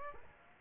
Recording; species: mosquito wingbeat signal from an infrared sensor; Aedes aegypti